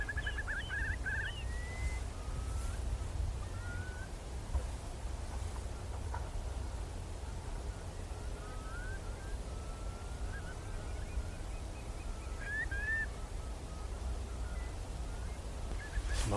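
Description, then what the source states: Curlews giving scattered whistled calls, short rising and falling notes mostly early and late, against a constant low rumble. Large flocks of curlews calling in flight over a salt marsh at dusk.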